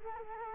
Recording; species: mosquito wingbeat signal from an infrared sensor; Culex quinquefasciatus